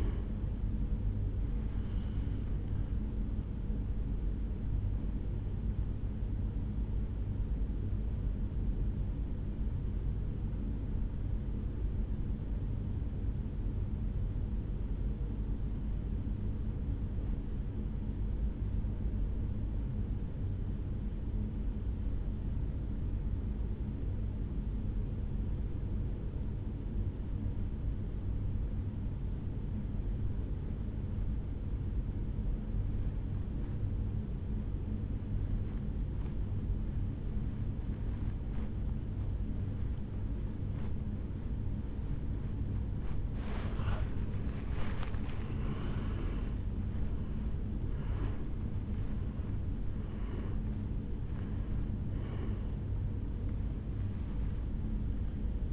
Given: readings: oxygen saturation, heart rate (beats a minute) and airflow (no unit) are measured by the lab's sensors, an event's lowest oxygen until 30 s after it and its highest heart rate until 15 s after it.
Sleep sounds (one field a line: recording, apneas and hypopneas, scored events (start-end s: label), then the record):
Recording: breathing in sleep by a smartphone at the bedside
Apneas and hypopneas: 1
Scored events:
12.00-42.00 s: new sleep stage, N2 (light sleep)
12.00-42.90 s: obstructive apnea (N2, oxygen 97% highest, then 82% lowest, heart rate 54 at the start, 79 highest)
42.00-55.73 s: new sleep stage, N1 (lightest sleep)
From the record:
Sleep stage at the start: N1 (lightest sleep)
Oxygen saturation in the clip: 83 to 97%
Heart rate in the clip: 52 to 79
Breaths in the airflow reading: 5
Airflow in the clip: -12.6 to 7.8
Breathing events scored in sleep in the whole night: 449 in 7.0 hours asleep